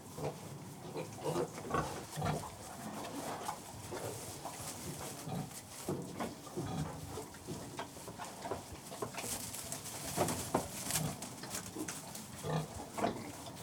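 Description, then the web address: Pig grunts scattered through steady rustling and clattering, with several animals calling irregularly over a constant background hiss. General atmosphere in a farrowing pen. "BBC Sound Effects Library. General Atmosphere In Farrowing"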